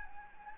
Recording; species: mosquito wingbeat signal from an infrared sensor; Anopheles gambiae